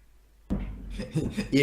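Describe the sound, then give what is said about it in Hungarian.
Loud, clattering keystrokes on a computer keyboard, a handful of sharp irregular strikes over a low rumbling background. “Ne kalapálj, légy szia, billentyűzettem.”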